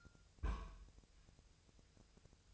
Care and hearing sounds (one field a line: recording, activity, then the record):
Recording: daily activity, microphone in the room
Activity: place on stove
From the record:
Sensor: 2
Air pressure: 999.1 hPa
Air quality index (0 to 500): 196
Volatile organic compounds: 28 ppm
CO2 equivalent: 2901 ppm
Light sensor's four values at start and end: 6/15/6/6 and 6/15/6/6